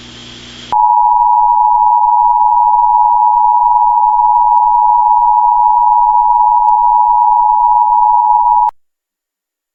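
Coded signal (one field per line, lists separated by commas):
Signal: Emergency Alert System (SAME) tones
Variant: 853 and 960 Hz attention tone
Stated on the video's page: Fictional mock EAS scenario, not a real alert.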